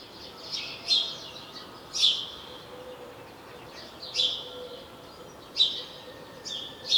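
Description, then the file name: House sparrow giving short, high chirps every second or two, over a steady faint background hiss. "Passer domesticus"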